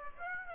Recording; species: mosquito wingbeat signal from an infrared sensor; Aedes aegypti